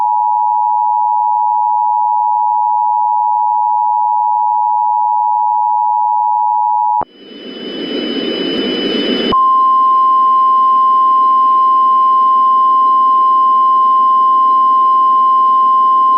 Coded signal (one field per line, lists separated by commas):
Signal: Emergency Alert System (SAME) tones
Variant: 853 and 960 Hz attention tone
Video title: The Great Tornado of the Carolina Coast [EAS Scenario]